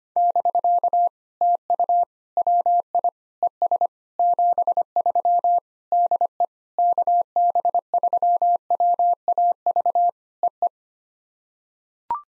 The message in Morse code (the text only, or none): <BK> TU WI ES 73 DE KB3WAV EE